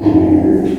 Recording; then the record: squeal of a Yucatan mini pig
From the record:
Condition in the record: before surgery on the right vocal fold (resection and tissue-engineered implant); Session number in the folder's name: 1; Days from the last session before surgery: -21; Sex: female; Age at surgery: 19 weeks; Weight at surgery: 25 kg